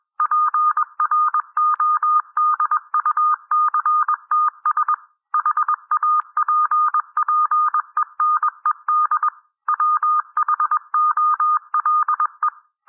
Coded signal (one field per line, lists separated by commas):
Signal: Morse code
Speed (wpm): 21 wpm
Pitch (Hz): 1220 Hz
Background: none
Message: PRODUCTS HAPPENED WHOLE